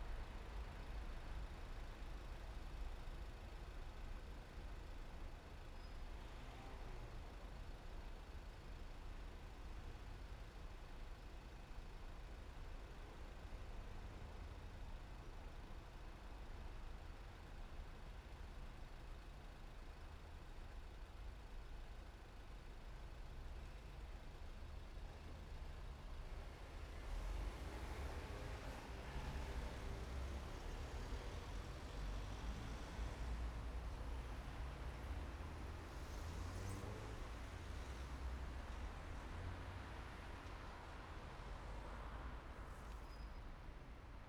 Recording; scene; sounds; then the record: everyday scene through a hearing-aid microphone; in traffic; traffic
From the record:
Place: main city hub, rush hour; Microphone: behind the ear, right, rear